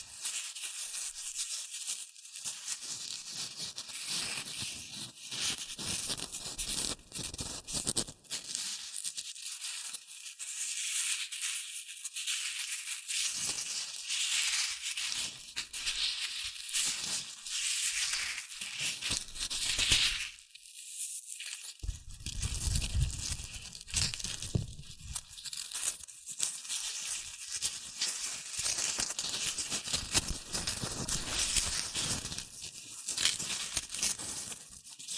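Shredded tissue and packing peanuts rustle and crinkle without a break, a dense, bright, crackly texture of tiny overlapping clicks. The handling surges and eases in uneven waves, with a brief lull near twenty seconds and a heavier, fuller stretch of crunching just after.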